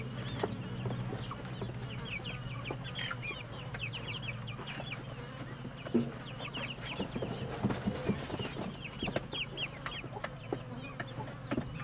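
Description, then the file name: Chickens clucking and cheeping in a busy chorus, many overlapping short calls and high chick peeps over a steady low hum. Hens and chicks clamouring together in a henhouse near a road. "Galinheiro perto de estrada galinhas pintinhos vozerio"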